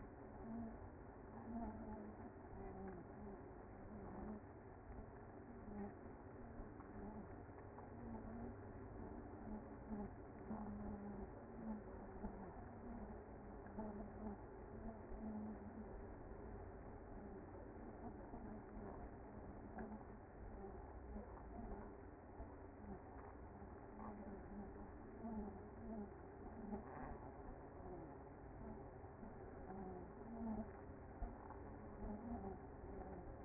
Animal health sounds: honeybee colony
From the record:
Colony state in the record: active

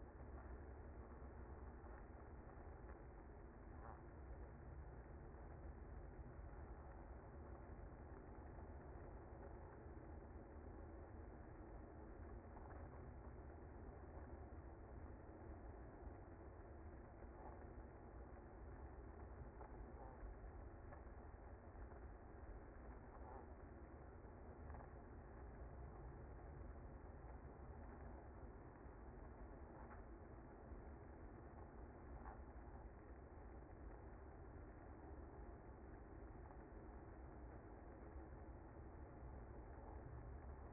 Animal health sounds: honeybee colony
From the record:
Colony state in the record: active

